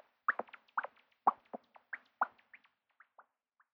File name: Grosser Abendsegler